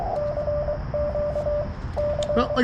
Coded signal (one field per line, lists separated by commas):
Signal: Morse code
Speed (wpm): 22 wpm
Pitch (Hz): 590 Hz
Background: speech, radio noise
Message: CQ C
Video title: CW POTA at US-4567 with the Yaesu 891